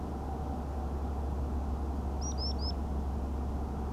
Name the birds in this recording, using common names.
Common Sandpiper